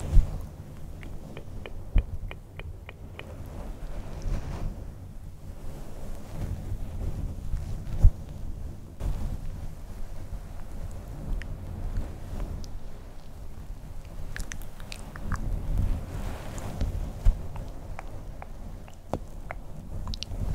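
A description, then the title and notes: Soft fluffy microphone touching and scratching, a dense low rustle that continues throughout with little change in level. Small sharp plucks and ticks break through every second or so, with a quick run of them near the start and more around fifteen to twenty seconds. ASMR SoftGentle Fluffy Mic Touching, Scratching, Plucking.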